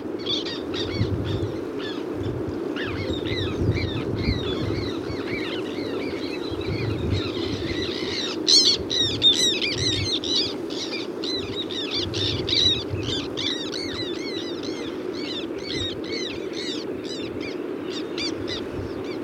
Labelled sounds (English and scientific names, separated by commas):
Black Tern (Chlidonias niger) call